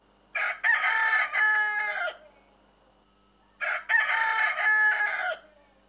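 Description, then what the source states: Chicken: rooster crowing twice, each a long harsh cock-a-doodle-doo lasting nearly two seconds, separated by a quiet gap. Rooster cackling.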